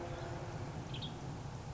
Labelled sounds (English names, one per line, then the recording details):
Western Tanager
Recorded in Sonoma County, California